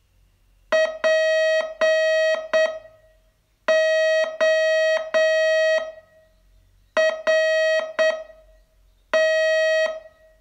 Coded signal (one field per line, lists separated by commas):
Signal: Morse code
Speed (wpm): 8 wpm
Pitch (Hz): 640 Hz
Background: none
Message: PORT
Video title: Learn Morse in 42 Days from VU2LAU - day 27 tse